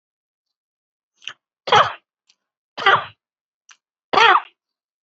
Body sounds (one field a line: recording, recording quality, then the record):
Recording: shallow voluntary cough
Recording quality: excellent, no background noise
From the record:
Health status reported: healthy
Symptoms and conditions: none ticked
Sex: male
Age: 54 years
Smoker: not ticked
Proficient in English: yes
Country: India